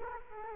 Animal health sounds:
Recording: mosquito wingbeat signal from an infrared sensor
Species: Culex quinquefasciatus

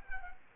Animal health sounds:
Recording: mosquito wingbeat signal from an infrared sensor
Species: Culex quinquefasciatus

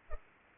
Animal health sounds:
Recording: mosquito wingbeat signal from an infrared sensor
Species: Culex pipiens

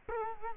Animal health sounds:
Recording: mosquito wingbeat signal from an infrared sensor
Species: Culex quinquefasciatus

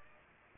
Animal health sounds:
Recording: mosquito wingbeat signal from an infrared sensor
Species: Aedes aegypti

